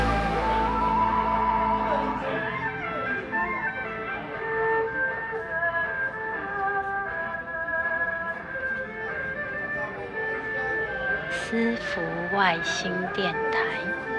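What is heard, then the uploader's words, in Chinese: A festival theme song plays on a loop inside a small temple hall, its sustained tones and melody steady and fairly loud throughout. People's voices murmur underneath, and a few brief chirpy or sliding sounds break through near the end, around twelve to fourteen seconds. 農曆六月上旬某日黃昏，樹德公園旁張李莫府千歲廟-北安府所在的小巷內，一些人聚集並忙碌著。被民宅包圍的廟的小小主殿內，循環播放著慶典主題歌。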